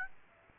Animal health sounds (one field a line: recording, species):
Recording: mosquito wingbeat signal from an infrared sensor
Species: Aedes aegypti